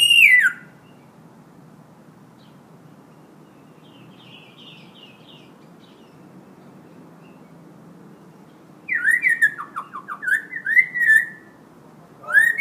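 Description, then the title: Hill myna whistling: a falling whistled note, a long quiet gap with faint chirps, then a rapid burst of loud slurred, looping whistles near the end. Actively singing (gacor) hill myna, recorded as a tutor recording (masteran) for training other birds. "Suara Burung Beo Gacor Cocok Untuk Masteran"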